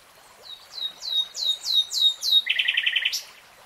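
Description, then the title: Nightingale song: a string of about seven sweeping, downslurred whistled notes, followed by a fast, dry rattle of repeated pulses. Nightingale singing in real time. "[Tiếng chim hót] Nightingale Singing"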